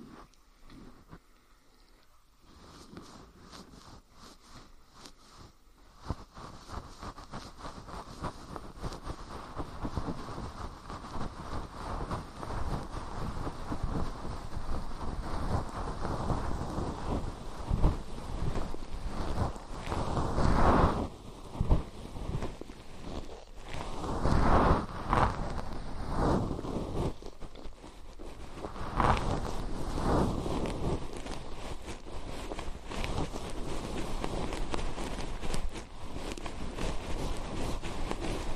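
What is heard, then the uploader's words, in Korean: Fluffy ear cleaning: after a quiet opening, soft dense brushing and rustling runs steadily, with fuller swishing strokes around 20, 25 and 29 seconds. 솜털 귀청소 동시에 (인트로 수다 X).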